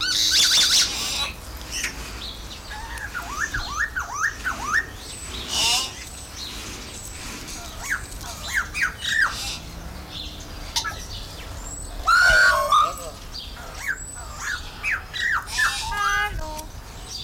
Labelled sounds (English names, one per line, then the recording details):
Common Hill Myna call
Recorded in captivity
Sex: diverse
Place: Zoo Halle, Sachsen-Anhalt, DE
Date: 1996-03-08 16:22
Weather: sonnig, 3°C
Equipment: Sony WM-D6C, Sennheiser ME 80, Kopie Uher 4000 Report Monitor
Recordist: Tembrock, Günter